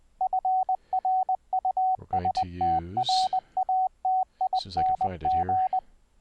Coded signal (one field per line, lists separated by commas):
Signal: Morse code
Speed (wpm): 20 wpm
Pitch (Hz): 750 Hz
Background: speech, radio noise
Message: FRUSTRATING